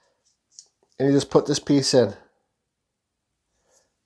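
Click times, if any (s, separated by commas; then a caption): 0.6 s. The metal bit-release collar on a Ram rotary carving micro motor handpiece is turned to open it for a bit change and clicks into place with a single sharp, short click at 0.6 s. Someone then talks. The collar is seated.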